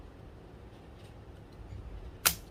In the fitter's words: Okay, we have placed the stick. You heard that click. Alright, you heard that click already.